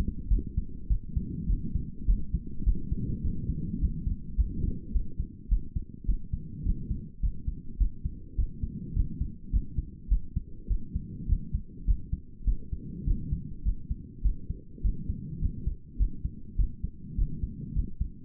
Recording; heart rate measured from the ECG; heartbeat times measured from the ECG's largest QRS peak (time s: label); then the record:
heart sounds by stethoscope; 103 bpm
0.28 s: heartbeat
0.88 s: heartbeat
1.47 s: heartbeat
2.05 s: heartbeat
2.64 s: heartbeat
3.22 s: heartbeat
3.79 s: heartbeat
4.35 s: heartbeat
4.92 s: heartbeat
5.49 s: heartbeat
6.06 s: heartbeat
6.63 s: heartbeat
7.20 s: heartbeat
7.78 s: heartbeat
8.36 s: heartbeat
8.94 s: heartbeat
9.50 s: heartbeat
10.08 s: heartbeat
10.68 s: heartbeat
11.26 s: heartbeat
11.85 s: heartbeat
12.45 s: heartbeat
13.05 s: heartbeat
13.63 s: heartbeat
14.22 s: heartbeat
14.82 s: heartbeat
15.39 s: heartbeat
15.97 s: heartbeat
16.56 s: heartbeat
17.15 s: heartbeat
17.73 s: heartbeat
From the record:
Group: healthy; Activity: rest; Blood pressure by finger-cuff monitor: 163/80 mmHg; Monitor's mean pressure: 102 mmHg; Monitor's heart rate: 104 bpm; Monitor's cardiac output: 9.5 L/min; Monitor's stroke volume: 91 mL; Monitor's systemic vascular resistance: 770 dyn s/cm5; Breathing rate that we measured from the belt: 27 breaths a minute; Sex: female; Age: 22 years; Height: 154 cm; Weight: 58.7 kg